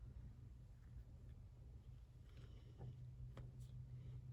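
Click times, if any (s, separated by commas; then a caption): 3.4 s. After cleaning, a tracheostomy inner cannula is guided back into the tracheostomy tube without touching anything and pushed until it locks. Over a steady low hum, one faint, sharp click sounds at 3.4 s as the inner cannula locks into place and is seated.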